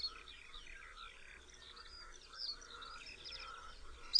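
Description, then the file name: Whinchat song: a steady stream of varied, scratchy high warbling phrases mixed with short whistled notes, fairly faint throughout. "POKLASKWA"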